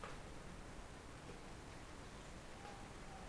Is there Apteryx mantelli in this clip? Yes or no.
no